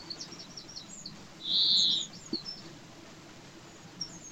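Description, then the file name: European greenfinch twittering in quick high trills, then a single strong, flat, buzzy wheeze in the middle, with scattered faint notes afterwards. "Chloris chloris"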